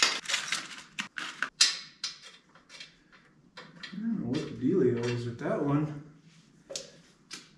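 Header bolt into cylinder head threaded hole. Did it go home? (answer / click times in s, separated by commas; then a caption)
no / 6.7 s, 6.8 s. While fitting exhaust headers, a header bolt is driven into a threaded hole in the cylinder head, with a series of sharp metallic ticks and clacks in the first two seconds before someone talks. A short, quiet pair of sounds follows at 6.7 s and 6.8 s, and the header bolt thread is stripped.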